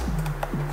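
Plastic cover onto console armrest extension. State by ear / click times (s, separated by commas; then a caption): not seated / none. A plastic cover for a JDM dual console armrest extension is being handled against the center console of a WRX, with music playing throughout over a steady low hum. A faint tick sounds near 0.4 s, but nothing has clicked or seated yet.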